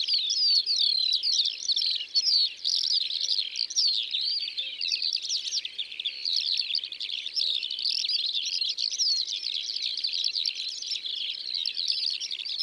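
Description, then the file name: Eurasian skylark delivering a steady, high, breathless flow of chirping and trilled notes that runs on continuously throughout. Eurasian skylarks recorded in the Drôme, France. "Alouettes des champs Concerts Naturels de la Drome Studio les Trois Becs"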